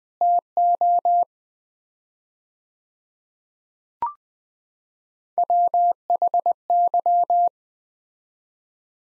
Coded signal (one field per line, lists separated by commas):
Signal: Morse code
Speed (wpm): 20 wpm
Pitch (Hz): 700 Hz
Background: none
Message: TO WHY